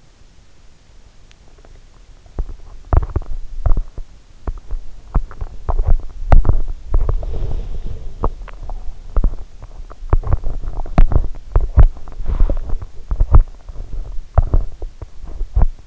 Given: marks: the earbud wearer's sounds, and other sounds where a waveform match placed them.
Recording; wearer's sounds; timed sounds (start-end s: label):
sounds in sleep by an in-ear microphone; teeth grinding, body movement
1.59-15.87 s: teeth grinding
7.19-8.21 s: body movement
12.09-13.09 s: body movement